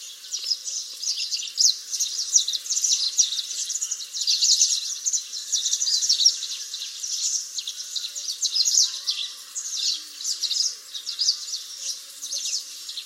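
House Sparrow chatter, a steady stream of overlapping sharp chirps, rising and falling in loudness.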